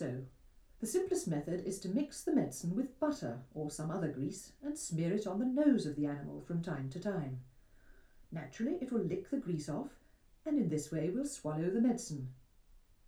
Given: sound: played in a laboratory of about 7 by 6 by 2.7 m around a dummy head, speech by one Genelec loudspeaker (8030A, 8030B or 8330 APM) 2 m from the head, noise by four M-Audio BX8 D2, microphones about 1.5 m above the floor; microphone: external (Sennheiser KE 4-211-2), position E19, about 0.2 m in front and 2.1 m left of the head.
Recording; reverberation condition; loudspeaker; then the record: female speech in English; low; 30 degrees to the left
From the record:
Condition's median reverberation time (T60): about 310 ms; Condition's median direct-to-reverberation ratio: about 3.5 dB